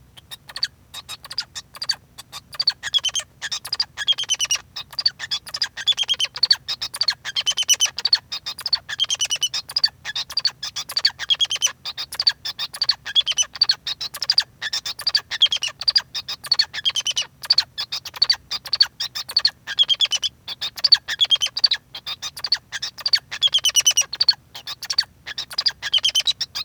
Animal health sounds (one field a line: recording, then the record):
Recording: song of a male Bengalese finch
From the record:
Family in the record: son of father 2